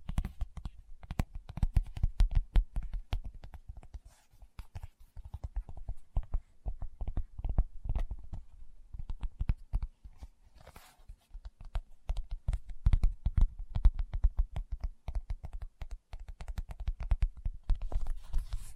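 Fingertips tap rapidly and unevenly in dense bursts, each tap a short, crisp click with a dull low thud beneath. The tapping runs almost continuously for the whole stretch, with brief pauses around five and ten seconds before the flurries resume.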